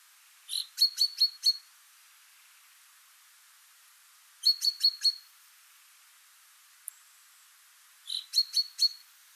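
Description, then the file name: Common chaffinch calls: bursts of four or five quick clipped notes, repeated about every four seconds. "Fringilla coelebs"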